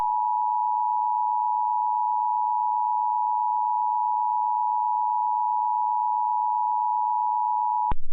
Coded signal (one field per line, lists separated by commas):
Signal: Emergency Alert System (SAME) tones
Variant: 853 and 960 Hz attention tone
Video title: EAS Remake: Severe Thunderstorms in SC